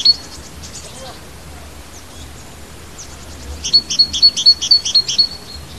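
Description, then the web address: Bird song: faint high chirps at first, then a quick run of bright high notes near the end, over a low background hum. Native hedgerow bird, recorded in March. "oeko hecke vogel maerz vogel heimisch"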